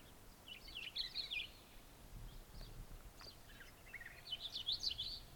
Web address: Hume's wheatear. صدای-پرنده-چکچک-شکم-سفید